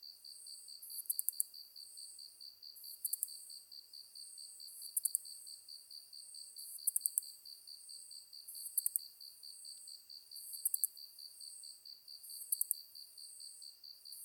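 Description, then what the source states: Ezo katydid: repeated high buzzy phrases finishing in sharp ticks, at regular intervals, against a steady fast-pulsing insect trill. Recorded 23 August 2010 at 21:31.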